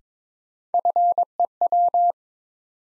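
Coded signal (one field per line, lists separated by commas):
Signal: Morse code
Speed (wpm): 22 wpm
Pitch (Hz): 700 Hz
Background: none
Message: FEW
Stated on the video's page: New-word Morse drill from the top 300 words at 22 wpm; each word sent in Morse, spoken, then sent again.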